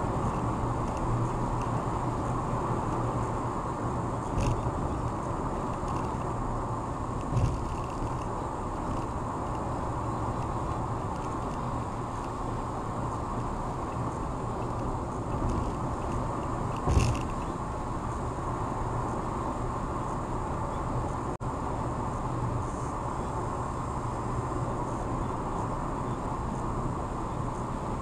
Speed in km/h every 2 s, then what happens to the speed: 121, 119, 118, 116, 116, 116, 116, 114, 114, 114, 113, 113, 113, 109.
0-28 steady at about 114.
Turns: none.